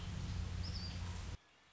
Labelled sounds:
Red-winged Blackbird
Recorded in Sonoma County, California

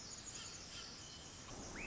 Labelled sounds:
Pacific Wren
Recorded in Sonoma County, California

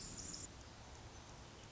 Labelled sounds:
Pacific Wren
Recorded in Sonoma County, California

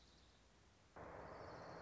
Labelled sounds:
Orange-crowned Warbler
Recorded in Sonoma County, California

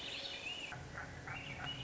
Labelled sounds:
Swainson's Thrush
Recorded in Sonoma County, California

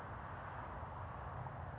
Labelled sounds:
California Towhee
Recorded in Sonoma County, California

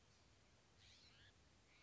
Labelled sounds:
California Scrub-Jay
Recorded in Sonoma County, California

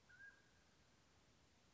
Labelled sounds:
Mountain Quail
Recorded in Sonoma County, California

